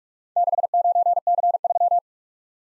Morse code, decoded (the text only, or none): 69C3